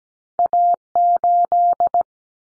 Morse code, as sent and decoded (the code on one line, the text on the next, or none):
.- ---..
A8